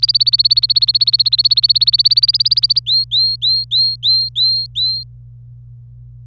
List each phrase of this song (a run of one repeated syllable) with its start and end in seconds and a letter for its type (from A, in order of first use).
0.00-2.79 A, 2.86-5.03 B